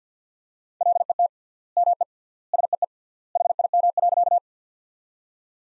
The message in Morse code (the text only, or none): LET ME SEE HIM.